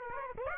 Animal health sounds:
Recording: mosquito wingbeat signal from an infrared sensor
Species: Aedes aegypti

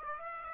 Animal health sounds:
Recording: mosquito wingbeat signal from an infrared sensor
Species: Aedes aegypti

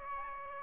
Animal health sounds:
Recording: mosquito wingbeat signal from an infrared sensor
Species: Aedes aegypti

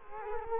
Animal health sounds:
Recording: mosquito wingbeat signal from an infrared sensor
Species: Culex quinquefasciatus

